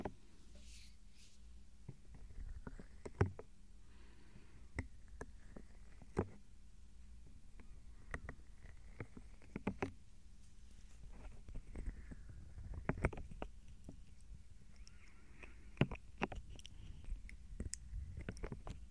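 Soft ear touching with gentle mouth sounds: a low, steady rumble underneath, dotted with frequent small clicks and taps that come irregularly every second or so. Faint wet smacks and brief rustling sweeps drift in and out, staying quiet throughout.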